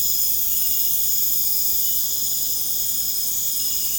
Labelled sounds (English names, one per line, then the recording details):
none
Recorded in pastures near Puerto Asís, Putumayo, Colombia, on 29 June 2025 at 01:00
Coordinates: 0.496, -76.326
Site GP01